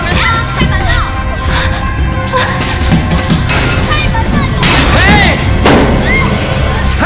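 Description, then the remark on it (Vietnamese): Heavy, repeated thuds of fists as frightened, trapped people pound on a heavy door, calling for help and talking. The pounding is loud and irregular, with agitated voices and rising cries mixed into the dense, booming noise. “Họ hoảng sợ đập mạnh vào cửa với hy vọng ai đó ở ngoài sẽ nghe thấy tiếng kêu cứu tới giúp họ mở cánh cửa nặng nề này ra.”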